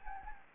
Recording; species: mosquito wingbeat signal from an infrared sensor; Anopheles gambiae